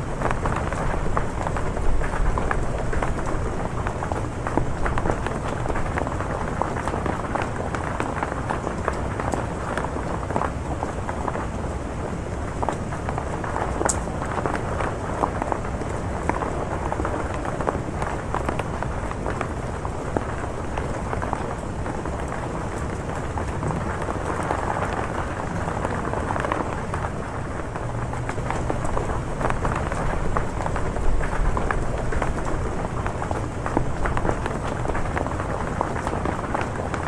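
Heavy rain pours onto a roof, a dense, steady wash of countless drops with a low rumbling body beneath the hiss. The loudness holds nearly even throughout, swelling slightly around 25 and 32 seconds, with a brief sharp tick near 14 seconds.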